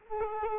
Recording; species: mosquito wingbeat signal from an infrared sensor; Culex quinquefasciatus